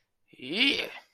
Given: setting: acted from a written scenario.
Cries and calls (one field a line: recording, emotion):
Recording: vocal sound without words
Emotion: triumph